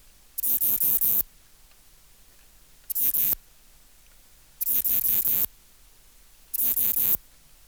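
Ephippigerida areolaria bush-cricket song: four harsh, buzzy bursts of a few quick pulses each, about two seconds apart.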